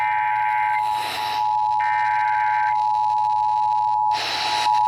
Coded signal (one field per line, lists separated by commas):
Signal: Emergency Alert System (SAME) tones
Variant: 853 and 960 Hz attention tone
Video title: EAS #212-213 Severe Thunderstorm Warning on WDRU and WRKV